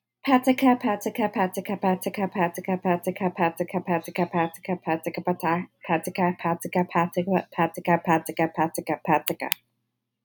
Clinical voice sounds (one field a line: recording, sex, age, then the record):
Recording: repeated syllables /pa ta ka/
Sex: female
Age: 20 to 29 years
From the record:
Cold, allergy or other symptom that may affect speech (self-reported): no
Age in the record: 22 years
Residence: Washington, United States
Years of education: 16